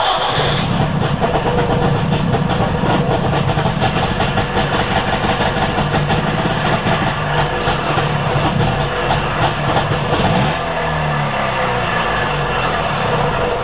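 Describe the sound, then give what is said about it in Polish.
A Trabant two-stroke engine starts on the first try and runs at idle, a loud, steady, buzzing rattle with a rough pulsing beat, blue exhaust at the rear showing too rich a fuel mixture. The tone shifts and wavers slightly near the end. No one speaks. “Pięknie drasnął za pierwszym razem i niebiesko z tyłu, znaczy się za bogata mieszanka.”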